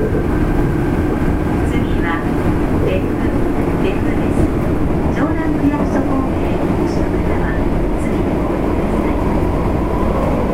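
A Fukuoka city subway 3000 series train runs with a steady, heavy rumble that stays loud and even throughout. Faint clicks and short higher squeaks come and go over the roar, and a low hum holds underneath the whole time.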